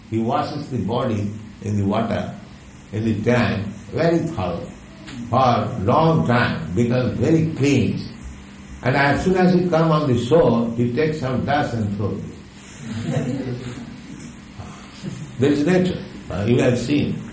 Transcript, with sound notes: He washes the body in the water, in the tank, very thoroughly for long time, becomes very cleansed. And as soon as he come on the shore he takes some dust and throws it. [laughter] That is nature, you have seen.